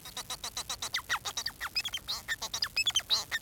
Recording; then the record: song of a male Bengalese finch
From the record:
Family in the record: son of father 4